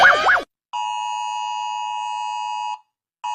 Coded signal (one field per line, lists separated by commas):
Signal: Emergency Alert System (SAME) tones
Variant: 853 and 960 Hz attention tone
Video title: eas alram but apps